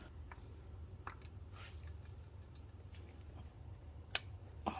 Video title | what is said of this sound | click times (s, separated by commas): Part2: How to Remove & Replace Waterpump,Timing Cover 09+ Hyundai Genesis/Santafe | There we go. Heard that click? | 4.2 s